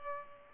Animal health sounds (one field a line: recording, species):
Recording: mosquito wingbeat signal from an infrared sensor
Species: Culex pipiens